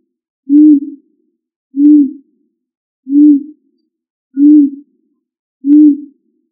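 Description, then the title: Pigeon giving soft, low coos: five brief hollow notes evenly spaced about 1.3 seconds apart, with nothing else heard. "Columbidae Pomba"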